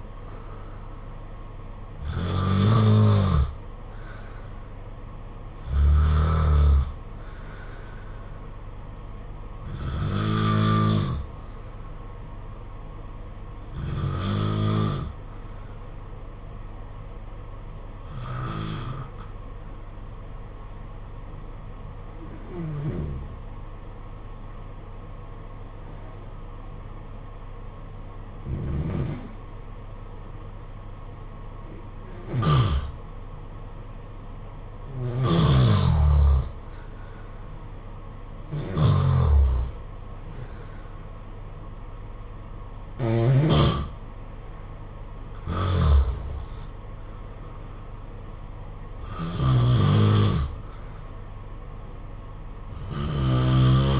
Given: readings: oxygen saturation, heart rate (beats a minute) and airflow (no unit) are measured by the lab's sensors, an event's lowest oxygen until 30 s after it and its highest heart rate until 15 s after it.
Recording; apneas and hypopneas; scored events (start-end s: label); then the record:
breathing in sleep by a smartphone at the bedside; 1
17.00-35.10 s: hypopnea (N1, oxygen 95% highest, then 87% lowest, heart rate 57 at the start, 75 highest)
48.00-54.00 s: new sleep stage, REM sleep
From the record:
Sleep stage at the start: N1 (lightest sleep); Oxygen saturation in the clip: 87 to 95%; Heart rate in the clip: 57 to 75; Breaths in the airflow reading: 13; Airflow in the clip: -6.9 to 7.2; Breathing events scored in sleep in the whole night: 476 in 9.7 hours asleep